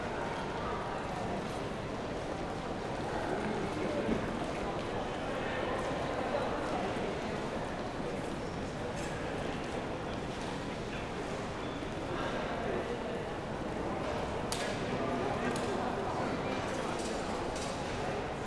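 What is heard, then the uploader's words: A busy train station hall fills the air with a steady wash of voices and movement, dense and even throughout. Footsteps and light knocks pop out here and there, with a sharper clack near fifteen seconds, over a low constant rumble. Train Station in Switzerland.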